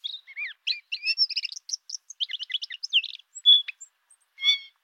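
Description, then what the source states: Brown thrasher song: a rapid string of varied short phrases, whistled slurs, rising and falling glides and a few buzzy notes, separated by brief pauses. Four short song strings made of repeated motifs, short whistles, glides, buzzes and mimicry.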